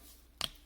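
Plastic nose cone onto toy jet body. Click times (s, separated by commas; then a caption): 0.4 s. A plastic nose cone of a transforming toy jet is flipped up and snapped into place on the jet body. A short, sharp click sounds at 0.4 s over quiet background hiss, and the nose cone is seated.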